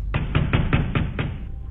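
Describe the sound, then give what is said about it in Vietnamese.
Six heavy thuds of pounding on a house door from outside land in a fast, steady rhythm, each a dull, booming bang with a short ring, followed by a low rumbling hush with no voices. “Ở bên ngoài, lúc này tiếng đập cửa cứ vang lên rầm rầm rầm rầm vậy.”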